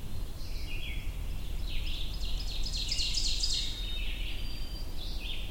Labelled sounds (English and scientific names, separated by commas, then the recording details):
Ovenbird (Seiurus aurocapilla) song
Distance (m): 30 m
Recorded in boreal forest in Alberta, Canada, on 22 June 2016 at 08:28
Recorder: SongMeter 3, array SBT-6-76
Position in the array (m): 19 m, 112 m
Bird 2